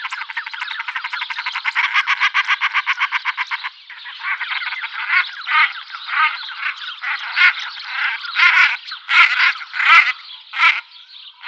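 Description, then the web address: Common shelduck calling in a fast, even run of harsh pulsed notes for about four seconds, then slower, uneven bursts of hoarse calls with brief gaps. "Schulze Peter Common Shelduck"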